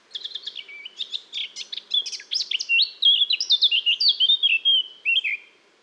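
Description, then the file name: Eurasian blackcap singing a fast, varied warble of chattering notes that runs without a break and slides into clearer, fluty whistled notes toward the end. "Sylvia atricapilla"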